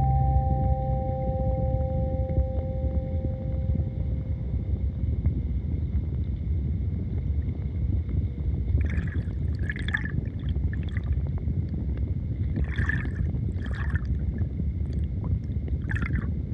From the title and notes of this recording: Water, kalimba, tone chimes, water drum and ukebass. River recorded on the banks of the rio Sousa in Portugal, Summer 2023.